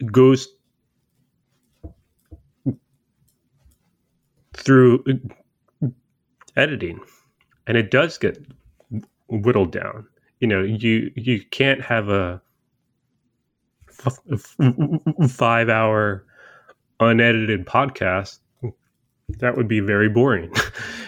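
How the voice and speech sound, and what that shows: Adult male speech with long silent blocks, a stretched sound and repeated syllables, typical of stuttering in a man who is a person who stutters.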